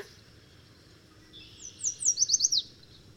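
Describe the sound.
Bird song, a brief rapid burst of high downslurred notes after a faint thin tone, with steady low background noise.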